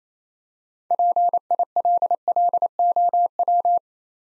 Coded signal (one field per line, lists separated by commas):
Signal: Morse code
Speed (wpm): 27 wpm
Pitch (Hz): 700 Hz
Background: none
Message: PILLOW